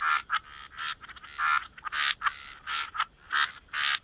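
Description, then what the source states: Frogs giving short, raspy croaks in separate bursts, with a steady faint high whine behind. Frog chorus.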